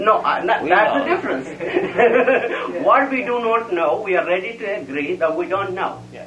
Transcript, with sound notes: That's the difference. [laughter] What we do not know, we are ready to agree that we don't know.